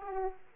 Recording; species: mosquito wingbeat signal from an infrared sensor; Aedes aegypti